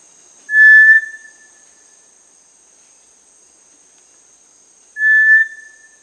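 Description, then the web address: Cinereous Tinamou giving a pure whistle, repeated a few seconds later, with a steady high insect drone throughout. Recorded in Peru, Amazon region. "Birds of the Amazon 1. Cinereous Tinamou (Crypturellus cinereus), Peru"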